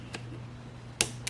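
A metal C-clip is pried off the pivot pin of a GSXR 1000 rear passenger foot peg with pliers, with a faint tick at 0.1 s. The clip pops off with a sharp metallic snap at 1.0 s and falls, followed by a smaller tick at 1.3 s. The C-clip is released from the pin.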